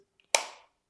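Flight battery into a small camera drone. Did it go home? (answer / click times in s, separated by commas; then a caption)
yes / 0.3 s. A flight battery is pushed into the body of a small Yuneec Breeze 4K camera drone. After a couple of faint taps, a sharp, loud click lands at 0.3 s and rings out briefly before fading. The battery clicks into place and is seated.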